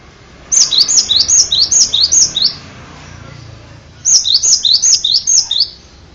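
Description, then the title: Bird song: two phrases of fast, high-pitched whistled notes, each note dropping in pitch, with a silent gap of over a second between phrases. "kikicau"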